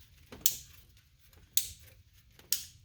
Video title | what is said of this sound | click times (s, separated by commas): Installing new spark plugs in Volkswagen Atlas Cross Sport | okay so that was all four clicks | 0.5 s, 1.6 s, 2.5 s